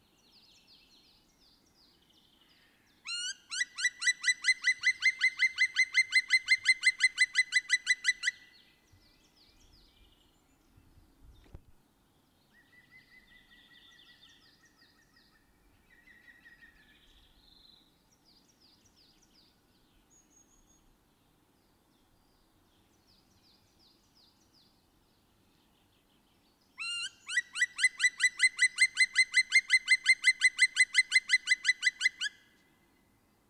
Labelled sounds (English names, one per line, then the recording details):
Black Woodpecker call
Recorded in the wild
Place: Garmisch-Partenkirchen, Bayern, DE
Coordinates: 47.5072, 11.0847
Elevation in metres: 725
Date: 1973-04-26
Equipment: Nagra IV, Sennheiser MKH 405, Parabolreflektor
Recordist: Tretzel, Erwin